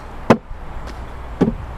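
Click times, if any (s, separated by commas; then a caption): 0.3 s. A top panel of a portable bike jump ramp is shuffled sideways until its puzzle joints slide into the adjoining ramp section. A sharp, knock-like click at 0.3 s marks the joint locking into place, and a second, softer knock follows near 1.4 s. The panel is seated in the right spot.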